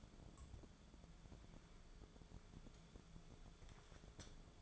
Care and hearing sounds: daily activity, microphone in the room; take from stove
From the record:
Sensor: 5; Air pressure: 1010.4 hPa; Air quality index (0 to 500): 111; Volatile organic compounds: 2 ppm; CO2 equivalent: 1094 ppm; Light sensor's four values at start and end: 553/1403/583/666 and 581/1470/612/704

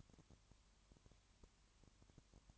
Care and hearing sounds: daily activity, microphone in the room; no activity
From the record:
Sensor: 3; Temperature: 20.5 degrees Celsius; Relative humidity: 34.6%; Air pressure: 1001.1 hPa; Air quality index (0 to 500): 195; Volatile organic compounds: 6 ppm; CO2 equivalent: 1853 ppm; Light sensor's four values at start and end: 2/3/2/2 and 2/3/2/2

